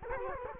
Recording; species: mosquito wingbeat signal from an infrared sensor; Culex quinquefasciatus